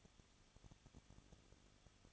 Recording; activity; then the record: daily activity, microphone in the room; no activity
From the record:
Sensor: 4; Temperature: 23.0 degrees Celsius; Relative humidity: 34.2%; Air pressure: 1007.3 hPa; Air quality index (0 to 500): 217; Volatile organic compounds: 15 ppm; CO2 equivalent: 2516 ppm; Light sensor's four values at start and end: 2/3/1/1 and 2/3/1/1